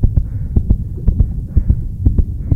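Fast, regular lub-dub heartbeat at about 120 beats a minute, each pair of thumps crisp over a steady low hum. The heart of a bus driver racing under acute stress, in the context of aggression and violence toward workers.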